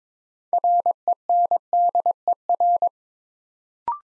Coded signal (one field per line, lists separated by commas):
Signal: Morse code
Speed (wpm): 23 wpm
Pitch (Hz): 700 Hz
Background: none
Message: RENDER